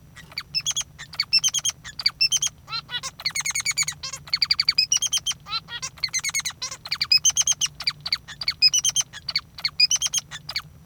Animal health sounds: song of a male Bengalese finch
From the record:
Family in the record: father 3

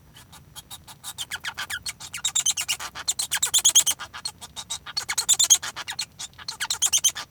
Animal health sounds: song of a male Bengalese finch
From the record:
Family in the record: son of father 1

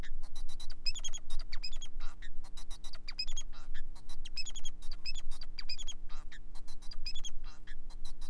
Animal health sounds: song of a male Bengalese finch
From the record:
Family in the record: son of father 4

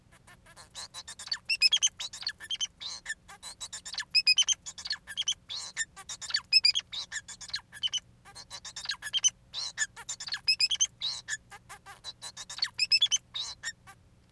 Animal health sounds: song of a male Bengalese finch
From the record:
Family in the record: son of father 4

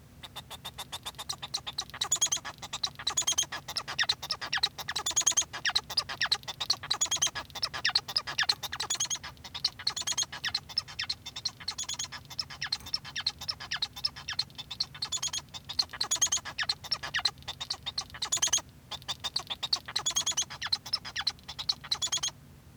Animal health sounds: song of a male Bengalese finch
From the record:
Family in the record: son of father 1

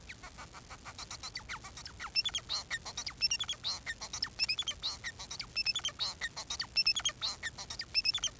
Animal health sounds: song of a male Bengalese finch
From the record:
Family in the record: son of father 4

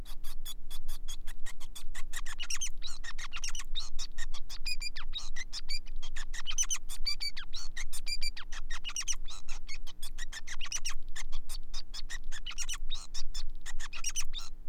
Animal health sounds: song of a male Bengalese finch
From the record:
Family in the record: son of father 5

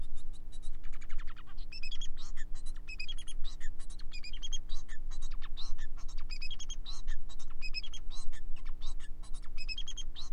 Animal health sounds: song of a male Bengalese finch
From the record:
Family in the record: son of father 4

